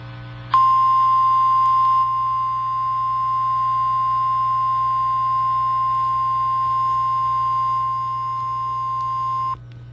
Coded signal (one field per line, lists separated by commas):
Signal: Emergency Alert System (SAME) tones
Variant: 1050 Hz attention tone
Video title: eas svr Eas#287